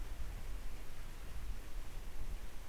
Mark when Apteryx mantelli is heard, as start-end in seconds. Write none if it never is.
none